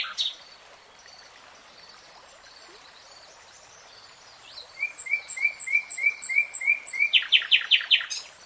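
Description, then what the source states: Nightingale song: quiet background chirps, then a rapid series of clipped repeated notes followed by a loud harsh rattle near the end. Nightingale singing in real time.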